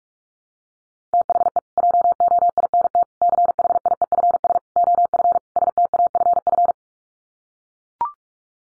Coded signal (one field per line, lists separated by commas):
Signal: Morse code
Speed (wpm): 44 wpm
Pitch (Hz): 700 Hz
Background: none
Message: THE JOINT CHIEFS OF STAFF